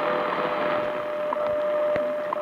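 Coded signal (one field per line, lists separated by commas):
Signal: radio time signal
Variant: WWV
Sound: steady mid tone under hiss with short clicks about once per second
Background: radio static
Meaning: Short ticks mark each passing second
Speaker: is some strange strange interference i'm having on a wwe 10 000 kilohertz 10 megahertz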